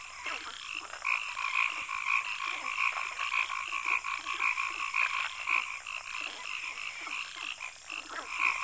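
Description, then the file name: Frogs croaking in a chorus of rapid, overlapping croaks. Frogs croaking in a swamp in Africa. "Lyagushki v bolote kvakajut - afrika"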